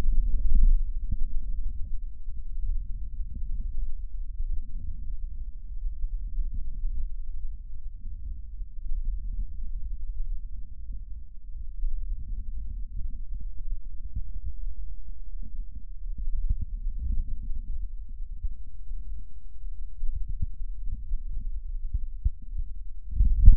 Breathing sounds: lung sounds by stethoscope; right posterior lower chest; bronchial breath sounds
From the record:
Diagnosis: pneumonia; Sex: male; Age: 64 years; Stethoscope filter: bell mode, 20 to 200 Hz

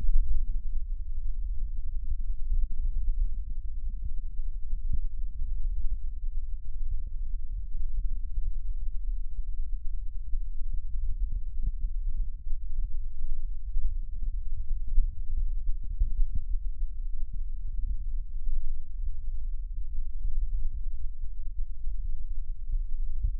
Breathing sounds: lung sounds by stethoscope; right posterior lower chest; expiratory wheeze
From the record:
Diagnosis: asthma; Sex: female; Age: 60 years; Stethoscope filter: bell mode, 20 to 200 Hz

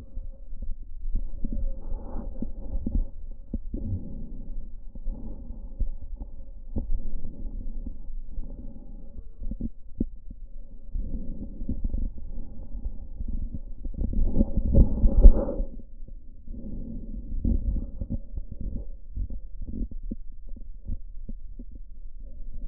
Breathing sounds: lung sounds by stethoscope; left posterior upper chest; normal breath sounds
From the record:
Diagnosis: none (healthy); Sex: male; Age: 33 years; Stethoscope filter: diaphragm mode, 100 to 500 Hz

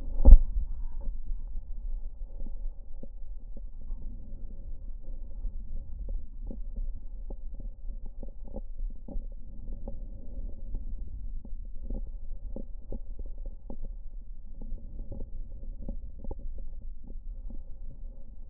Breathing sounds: lung sounds by stethoscope; right posterior lower chest; normal breath sounds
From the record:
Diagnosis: none (healthy); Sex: male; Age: 27 years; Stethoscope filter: diaphragm mode, 100 to 500 Hz

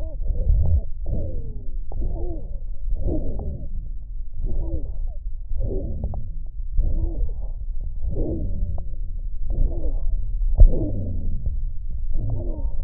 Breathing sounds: lung sounds by stethoscope; left posterior upper chest; expiratory wheeze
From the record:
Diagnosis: asthma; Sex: female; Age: 41 years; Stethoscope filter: extended mode, 50 to 500 Hz

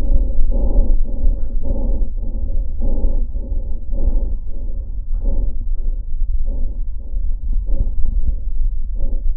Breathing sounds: lung sounds by stethoscope; right posterior middle chest; normal breath sounds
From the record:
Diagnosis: none (healthy); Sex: male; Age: 75 years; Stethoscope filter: diaphragm mode, 100 to 500 Hz

